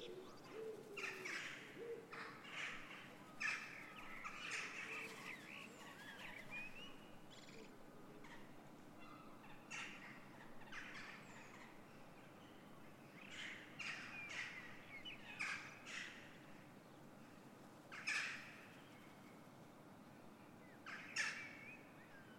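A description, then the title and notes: A dawn chorus with jackdaws and other birds calling over a steady low hum of city traffic. Sharp, bright calls come in clusters, busiest in the first five seconds and again around 15 to 18 seconds, with quieter chirping between. Dawn Chorus 06:00 AM Den Haag. Met naast de gewoonlijke deelnemers (Merel, Roodborstje, Winterkoning enz.) ook Kauwtjes, Meeuwen en een duif. With Jackdaws, Seagulls and a pigeon added to the usual bunch (Blackbird, Robin, Wren etc.)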